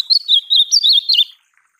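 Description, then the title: Ultramarine grosbeak song, a quick warbled phrase of high sweet notes rising and falling, lasting just over a second before silence. Song used to teach a pet seedeater (golinha) to sing; described as a beautiful song. "Encarte Seu Golinha Com Este Lindo Canto De Azulão"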